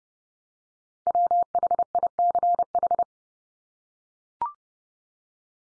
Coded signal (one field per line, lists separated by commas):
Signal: Morse code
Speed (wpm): 30 wpm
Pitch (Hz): 700 Hz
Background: none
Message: WHICH